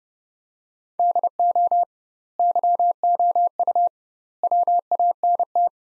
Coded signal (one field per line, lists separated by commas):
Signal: Morse code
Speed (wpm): 30 wpm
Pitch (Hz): 700 Hz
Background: none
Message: DO YOU WANT